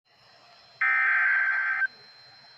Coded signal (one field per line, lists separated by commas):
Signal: Emergency Alert System (SAME) tones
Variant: header bursts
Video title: {EAS #1} Out of County Alert Pt. 2